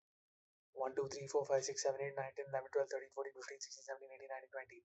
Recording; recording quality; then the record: counting at a fast pace; excellent, no background noise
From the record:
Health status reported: healthy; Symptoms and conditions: none ticked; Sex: male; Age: 22 years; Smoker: not ticked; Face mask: not worn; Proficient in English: yes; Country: India